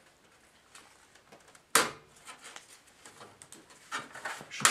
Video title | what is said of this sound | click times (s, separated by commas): Building A PC: Installing A Motherboard | snap in from the inside if you hear that | 1.8 s